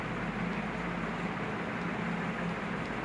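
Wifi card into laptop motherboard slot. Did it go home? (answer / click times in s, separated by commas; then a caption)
no / none. A wifi card is handled and pushed toward its slot on a laptop motherboard, with steady broadband hiss and a low hum running through the clip. No clear click stands out, and nothing has seated or clicked yet.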